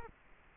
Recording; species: mosquito wingbeat signal from an infrared sensor; Culex quinquefasciatus